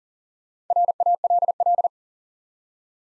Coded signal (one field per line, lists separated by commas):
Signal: Morse code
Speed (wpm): 40 wpm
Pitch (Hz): 700 Hz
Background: none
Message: RALL